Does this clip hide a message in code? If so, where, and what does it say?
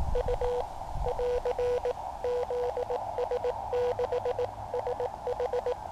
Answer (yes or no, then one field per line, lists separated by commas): yes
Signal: Morse code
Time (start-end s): 0.2-5.7 s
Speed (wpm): 19 wpm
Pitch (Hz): 490 Hz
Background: radio noise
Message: U <AR> ZS6SH